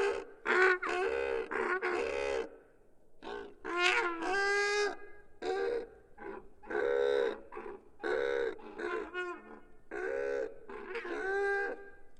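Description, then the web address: Goose: repeated loud honking calls in groups separated by brief pauses. "Tom Hutchings Geese"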